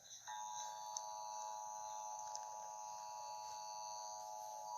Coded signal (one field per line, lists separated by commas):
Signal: Emergency Alert System (SAME) tones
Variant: 853 and 960 Hz attention tone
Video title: EAS mock: Miku Hatsune